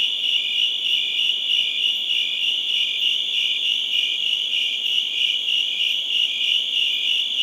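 Crickets chirping in a dense, continuous high-pitched chorus, pulsing roughly three times a second with a steady shimmer.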